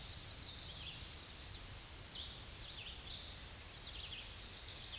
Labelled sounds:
Tennessee Warbler song
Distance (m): 60 m
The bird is about 10 m above the microphone
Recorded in a Pennsylvania forest on 16 May 2024 at 08:00
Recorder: AudioMoth, point MSD-2456
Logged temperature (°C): 16.4 °C
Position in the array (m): 140 m, 98 m

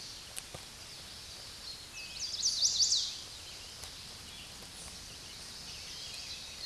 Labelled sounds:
Chestnut-sided Warbler song
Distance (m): 25 m
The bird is about 5 m above the microphone
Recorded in a Pennsylvania forest on 16 May 2024 at 09:40
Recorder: AudioMoth, point MSD-2007
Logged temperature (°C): 16.1 °C
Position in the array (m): 13 m, 29 m

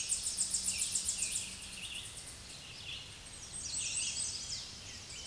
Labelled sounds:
American Redstart song
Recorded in a Pennsylvania forest on 16 May 2024 at 07:39
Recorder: AudioMoth, point MSD-2478
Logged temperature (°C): 15.6 °C
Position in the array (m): 57 m, 233 m

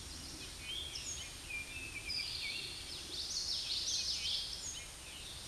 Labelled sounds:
Common Yellowthroat song
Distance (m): 25 m
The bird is about 5 m above the microphone
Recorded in a Pennsylvania forest on 16 May 2024 at 07:19
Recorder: AudioMoth, point MSD-2304
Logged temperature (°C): 16.0 °C
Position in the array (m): 236 m, 161 m

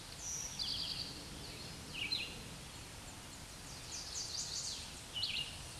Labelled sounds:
Chestnut-sided Warbler song
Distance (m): 30 m
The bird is about 15 m above the microphone
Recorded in a Pennsylvania forest on 16 May 2024 at 07:19
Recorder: AudioMoth, point MSD-2142
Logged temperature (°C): 16.7 °C
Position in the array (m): 12 m, 24 m

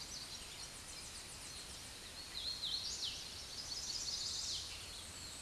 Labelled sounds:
Hooded Warbler song
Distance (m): 35 m
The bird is about 20 m above the microphone
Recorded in a Pennsylvania forest on 16 May 2024 at 08:30
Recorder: AudioMoth, point MSD-1892
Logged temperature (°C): 14.5 °C
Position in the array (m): 126 m, 80 m

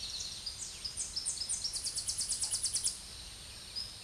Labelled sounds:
Tennessee Warbler song
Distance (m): 15 m
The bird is about 5 m below the microphone
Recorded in a Pennsylvania forest on 16 May 2024 at 07:48
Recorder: AudioMoth, point MSD-0665
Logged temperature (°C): 16.1 °C
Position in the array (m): 82 m, 78 m

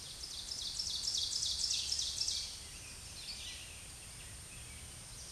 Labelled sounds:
Ovenbird song
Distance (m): 25 m
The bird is about level with the microphone
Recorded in a Pennsylvania forest on 16 May 2024 at 07:22
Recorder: AudioMoth, point MSD-2083
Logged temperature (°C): 16.7 °C
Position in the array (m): 149 m, -6 m

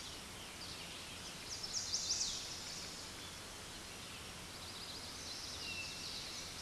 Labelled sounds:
Chestnut-sided Warbler song
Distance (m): 35 m
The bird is about 10 m above the microphone
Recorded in a Pennsylvania forest on 16 May 2024 at 06:33
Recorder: AudioMoth, point MSD-1368
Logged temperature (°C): 12.5 °C
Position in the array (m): 16 m, 25 m

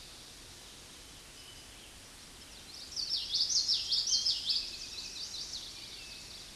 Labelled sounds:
Common Yellowthroat song
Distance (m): 15 m
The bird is about 5 m above the microphone
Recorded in a Pennsylvania forest on 16 May 2024 at 06:44
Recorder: AudioMoth, point MSD-2061
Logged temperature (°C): 16.1 °C
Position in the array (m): 231 m, 175 m

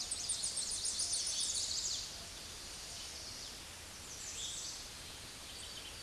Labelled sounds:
American Redstart song
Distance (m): 40 m
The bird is about 5 m above the microphone
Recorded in a Pennsylvania forest on 16 May 2024 at 06:10
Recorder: AudioMoth, point MSD-0827
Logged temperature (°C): 12.1 °C
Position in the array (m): 107 m, 235 m

